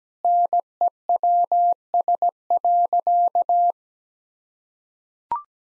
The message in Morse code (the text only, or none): NEWS.